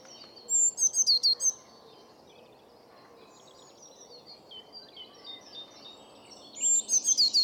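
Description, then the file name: Eurasian blue tit calling in two quick bursts of thin, high, clipped notes, one at the start and one near the end, with softer twittering in between. "Cyanistes caeruleus"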